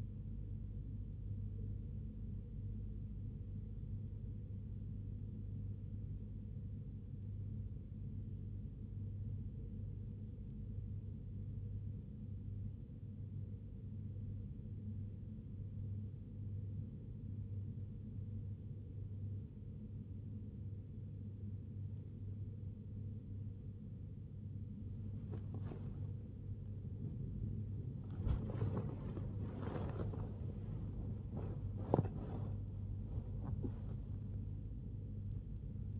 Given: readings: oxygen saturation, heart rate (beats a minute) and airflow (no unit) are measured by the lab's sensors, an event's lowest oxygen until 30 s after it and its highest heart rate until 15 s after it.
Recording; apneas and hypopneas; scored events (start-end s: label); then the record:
breathing in sleep by a smartphone at the bedside; 1
3.00-33.00 s: new sleep stage, N2 (light sleep)
10.00-26.40 s: hypopnea (N2, oxygen 95% highest, then 94% lowest, heart rate 65 at the start, 81 highest)
33.00-36.00 s: new sleep stage, N1 (lightest sleep)
From the record:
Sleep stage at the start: N1 (lightest sleep); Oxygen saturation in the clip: 94 to 95%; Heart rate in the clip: 59 to 81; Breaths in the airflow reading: 9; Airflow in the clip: -1.6 to 1.1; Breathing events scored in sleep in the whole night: 101 in 7.3 hours asleep